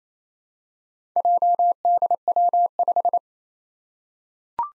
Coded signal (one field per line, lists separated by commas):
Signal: Morse code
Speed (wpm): 28 wpm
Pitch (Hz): 700 Hz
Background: none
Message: JDW5